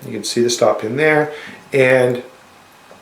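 A folding knife with a compression lock is handled as its small steel lock bar tab is about to pop into the gap between the blade tang and the stop pin to lock the blade open. Someone talks for most of the clip, then it falls quiet. Nothing has seated or clicked yet.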